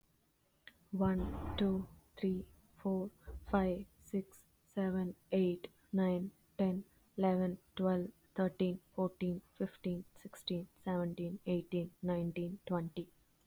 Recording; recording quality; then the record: counting at a normal pace; excellent, no background noise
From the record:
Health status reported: healthy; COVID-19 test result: negative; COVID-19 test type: RT-PCR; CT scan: not taken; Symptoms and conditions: none ticked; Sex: female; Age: 30 years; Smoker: no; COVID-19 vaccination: one dose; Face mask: not worn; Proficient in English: yes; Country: India